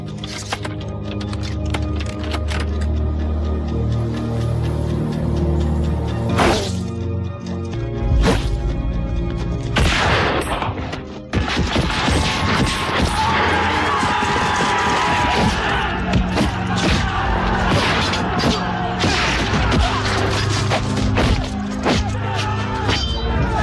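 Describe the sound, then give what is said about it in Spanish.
A chaotic hand-to-hand bayonet battle between soldiers at a Japanese camp in a jungle clearing, fought with bayonets, point-blank shots, knives, stones and bare hands, some assaulting and others defending: a dense, loud din of shouts, sharp whacks, crashes and thuds piling on each other continuously, with a brief dip in the middle before the melee surges again. “Cuerpo a cuerpo, a bayoneta calada, tiros a quemarropa, con cuchillos, pedradas o con las propias manos. Unos soldados al asalto y otros defendiéndose.”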